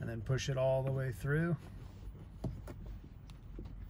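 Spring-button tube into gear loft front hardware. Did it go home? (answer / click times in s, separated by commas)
yes / 3.3 s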